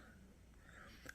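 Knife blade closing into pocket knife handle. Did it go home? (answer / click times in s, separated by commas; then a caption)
yes / 1.1 s. A small blade of an Old Timer Middleman slip joint pocket knife is closed into the handle, and the backspring snaps it shut with a sharp click at 1.1 s. Before that there is only quiet low background noise, with a faint softer sound near 0.7 s, and the blade is seated closed.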